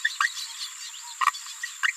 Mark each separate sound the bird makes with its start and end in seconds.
0.03-0.09, 0.20-0.30, 1.21-1.31, 1.82-1.94